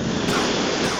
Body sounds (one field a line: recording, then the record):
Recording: coughing mixed with background sound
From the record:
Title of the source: Coughing 46